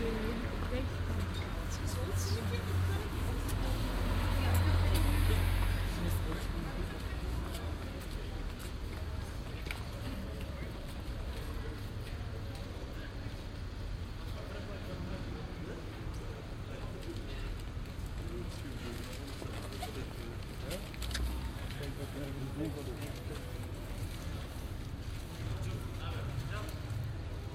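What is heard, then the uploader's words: A busy Saturday afternoon outdoors, with a steady low rumble of traffic and many overlapping voices, swelling slightly around five seconds. Gedempte Gracht Den Haag. A busy Saturday afternoon.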